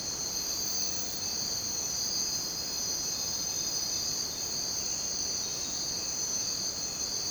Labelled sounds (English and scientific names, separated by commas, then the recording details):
none
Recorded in dense forest near Puerto Asís, Putumayo, Colombia, on 22 June 2025 at 03:30
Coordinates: 0.484, -76.317
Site G045